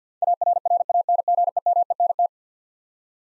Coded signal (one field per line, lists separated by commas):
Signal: Morse code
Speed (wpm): 50 wpm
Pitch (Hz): 700 Hz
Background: none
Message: ARRANGEMENT